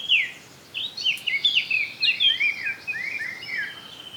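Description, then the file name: Eurasian blackcap song: a sharp opening note, then a flowing phrase of descending fluty whistles and slurs that fades out. "Sylvia atricapilla"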